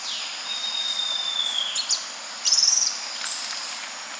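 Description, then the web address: Cinnamon-faced tyrannulet singing a long, very thin, level whistle that falls near its end, followed by brief buzzy trills, with a constant high insect drone behind. Recorded in South America. "Natures Songs S America Cinnamon-Faced Tyrannulet"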